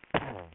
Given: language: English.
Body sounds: throat vibration sensor signal played as sound; cough

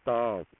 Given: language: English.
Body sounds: throat vibration sensor signal played as sound; speech

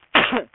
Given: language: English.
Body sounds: throat vibration sensor signal played as sound; cough

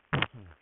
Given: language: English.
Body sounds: throat vibration sensor signal played as sound; throat clearing

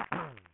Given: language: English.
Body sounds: throat vibration sensor signal played as sound; throat clearing

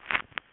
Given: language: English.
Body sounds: throat vibration sensor signal played as sound; swallow

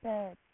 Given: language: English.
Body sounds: throat vibration sensor signal played as sound; speech

